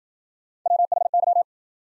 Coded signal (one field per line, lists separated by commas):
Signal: Morse code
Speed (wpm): 55 wpm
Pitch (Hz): 700 Hz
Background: none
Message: WHY